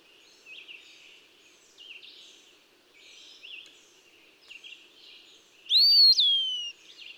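Eastern wood-pewee song: faint chirps of other birds for several seconds, then a loud slurred whistle that rises and falls away near the end.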